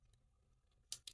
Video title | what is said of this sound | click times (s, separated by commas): Repairing Joycon Stick Drift with Gulikit Hall Sensing Joysticks | just line it up and it will click into place | 0.9 s